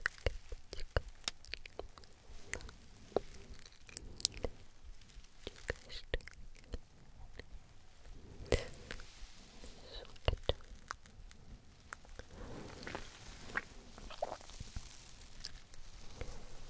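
Soft face touching and brushing fill the clip with dense, irregular crackles and taps, small sharp bursts landing every fraction of a second.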